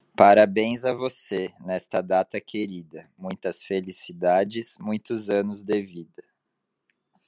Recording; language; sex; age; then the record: short text; Brazilian Portuguese; male; 30 to 39 years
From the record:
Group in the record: control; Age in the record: 33 years